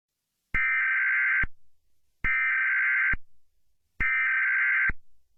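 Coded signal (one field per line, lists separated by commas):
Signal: Emergency Alert System (SAME) tones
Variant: header bursts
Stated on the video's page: Fictional EAS scenario, not a real alert.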